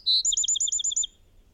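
Bird song fragment: one high whistled note, then a fast even trill of several paired notes, ending cleanly.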